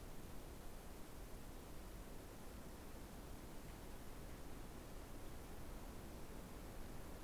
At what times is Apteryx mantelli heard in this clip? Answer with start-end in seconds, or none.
none